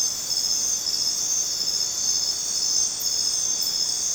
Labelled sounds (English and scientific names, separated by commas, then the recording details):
none
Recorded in dense forest near Puerto Asís, Putumayo, Colombia, on 29 June 2025 at 22:30
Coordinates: 0.484, -76.317
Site G045